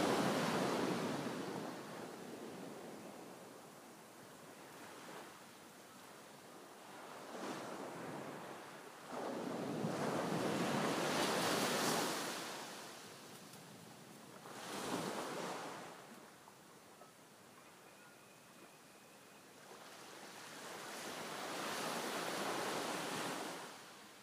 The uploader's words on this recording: It was cold and dark early on a Sunday morning. Calming sounds of waves breaking on the shore.